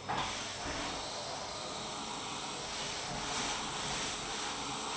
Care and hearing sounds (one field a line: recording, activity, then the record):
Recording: daily activity, microphone in the room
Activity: vacuum cleaning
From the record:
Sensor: 1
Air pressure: 1010.2 hPa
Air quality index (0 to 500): 173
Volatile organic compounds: 13 ppm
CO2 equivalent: 2381 ppm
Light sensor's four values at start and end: 51/133/55/69 and 51/133/55/69